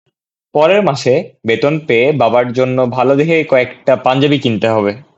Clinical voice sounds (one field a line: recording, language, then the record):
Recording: elicited speech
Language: Bengali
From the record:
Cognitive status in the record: cognitively healthy